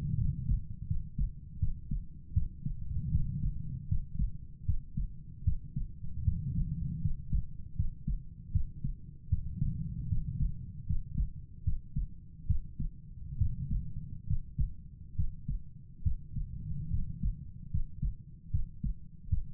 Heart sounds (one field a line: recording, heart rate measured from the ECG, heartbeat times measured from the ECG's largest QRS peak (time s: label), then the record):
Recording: heart sounds by stethoscope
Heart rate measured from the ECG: 75 bpm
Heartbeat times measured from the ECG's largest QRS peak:
0.17 s: heartbeat
0.87 s: heartbeat
1.59 s: heartbeat
2.33 s: heartbeat
3.11 s: heartbeat
3.88 s: heartbeat
4.65 s: heartbeat
5.44 s: heartbeat
6.24 s: heartbeat
7.01 s: heartbeat
7.76 s: heartbeat
8.52 s: heartbeat
9.29 s: heartbeat
10.08 s: heartbeat
10.86 s: heartbeat
11.64 s: heartbeat
12.46 s: heartbeat
13.38 s: heartbeat
14.27 s: heartbeat
15.15 s: heartbeat
16.03 s: heartbeat
16.90 s: heartbeat
17.70 s: heartbeat
18.50 s: heartbeat
19.29 s: heartbeat
From the record:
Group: healthy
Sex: male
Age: 35 years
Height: 178 cm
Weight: 64 kg